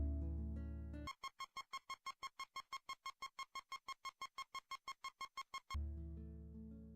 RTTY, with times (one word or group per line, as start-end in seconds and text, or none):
none